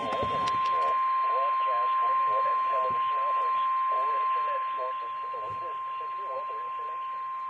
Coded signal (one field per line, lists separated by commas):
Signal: Emergency Alert System (SAME) tones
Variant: 1050 Hz attention tone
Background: speech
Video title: (EAS #1,124 - #1,134) TIME TO BALANCE BACK - EAS Alerts from 7/10/23